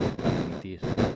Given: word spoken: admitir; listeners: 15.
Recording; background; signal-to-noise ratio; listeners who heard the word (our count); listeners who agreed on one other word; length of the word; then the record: one Spanish word in noise, from a listening test; noise modulated by one talker; -8.9 dB; 5 of 15; 6 of 15; 0.76 s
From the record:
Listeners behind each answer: 6, 5, 2, 1, 1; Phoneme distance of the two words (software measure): 31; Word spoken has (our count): 3 syllables, 7 phonemes, stress on syllable 3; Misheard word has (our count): 2 syllables, 6 phonemes, stress on syllable 2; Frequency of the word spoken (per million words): 16.65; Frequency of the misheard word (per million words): 5.79